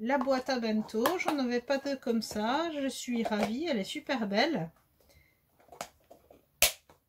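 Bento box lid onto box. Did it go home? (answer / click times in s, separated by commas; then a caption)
yes / 6.6 s. Someone talks for the first few seconds, then a plastic bento box lid is pressed down onto the box. After a few faint handling ticks, it snaps into its clips with a sharp click at 6.6 seconds, and the lid is clipped shut.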